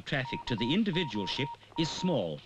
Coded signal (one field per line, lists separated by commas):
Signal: Morse code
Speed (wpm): 22 wpm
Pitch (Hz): 940 Hz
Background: speech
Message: KOM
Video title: Rogaland radio